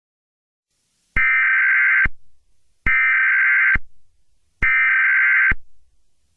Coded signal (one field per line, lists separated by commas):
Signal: Emergency Alert System (SAME) tones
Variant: header bursts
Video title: EAS Scenario #5: Second Great Chicago Fire